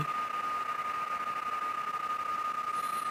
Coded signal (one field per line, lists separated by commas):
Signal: PSK31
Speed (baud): 31.25 baud